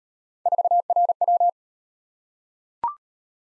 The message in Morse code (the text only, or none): 4RW